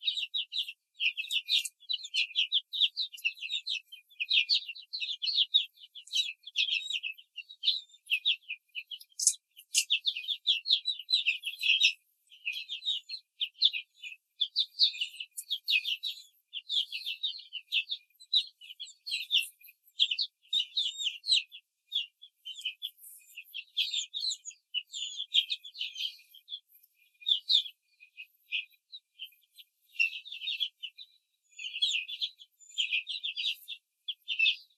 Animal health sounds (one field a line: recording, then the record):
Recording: young laying hens in a cage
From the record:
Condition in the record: control cage, after the stress test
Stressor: none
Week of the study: 4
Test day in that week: 1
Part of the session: 3